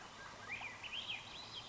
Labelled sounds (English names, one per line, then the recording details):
Swainson's Thrush
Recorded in Sonoma County, California